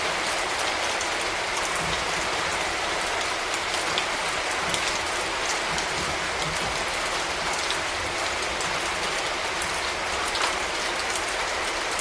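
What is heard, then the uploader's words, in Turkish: Rain falls steadily throughout, a dense, even hiss of countless drops with faint brighter taps of individual drops standing out now and then. The sound stays constant in level for the whole stretch, with little low rumble beneath it. Doğanın sesi: yağmur.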